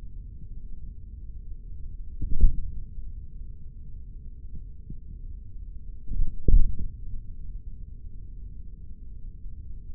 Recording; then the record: forearm muscle sounds (acoustic myography)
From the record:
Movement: hand closing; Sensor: system 3, bracelet of six PUI Audio POM-2738L microphones around the upper forearm, with dedicated amplification and filtering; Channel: 4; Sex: male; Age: 56 years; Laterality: right